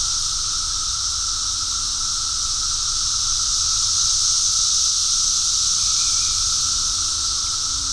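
Cicada chorus of continuous high-pitched buzzing, even in volume, with a steady whining tone beneath and a soft low background rumble.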